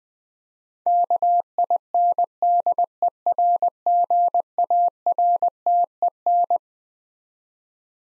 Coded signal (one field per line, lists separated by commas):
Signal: Morse code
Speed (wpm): 20 wpm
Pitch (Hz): 700 Hz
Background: none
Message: KINDERGARTEN